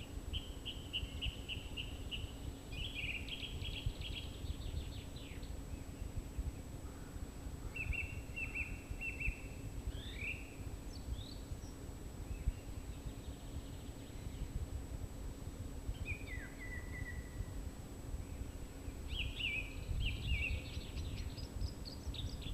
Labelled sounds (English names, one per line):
Song Thrush song